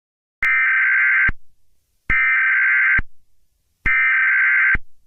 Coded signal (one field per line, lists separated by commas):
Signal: Emergency Alert System (SAME) tones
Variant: header bursts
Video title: EAS Scenario: The red eye man (FULL SERIES) (analog horror)